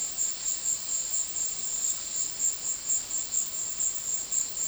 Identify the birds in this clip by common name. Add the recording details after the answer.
none. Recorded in dense forest near Puerto Asís, Putumayo, Colombia, on 20 February 2024 at 15:30. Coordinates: 0.500, -76.322. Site G6465